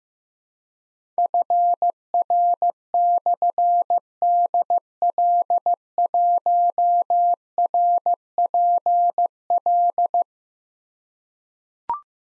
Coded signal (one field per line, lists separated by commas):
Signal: Morse code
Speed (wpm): 15 wpm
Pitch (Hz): 700 Hz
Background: none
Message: FR/DL1RPL